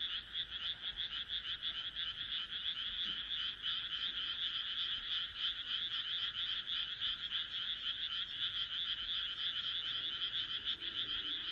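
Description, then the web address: Frog chorus, many callers producing a continuous high, buzzy pulsing trill with slight swells in loudness, no other sounds standing out. "kaeru kaeru"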